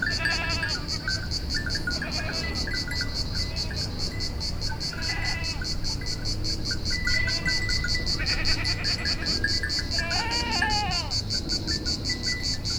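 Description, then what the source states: Goats bleating in several wavering, nasal calls spaced a few seconds apart, under a loud, steady pulsing insect chorus. Goats heard from a hillside on Thassos, Greece, in 2016.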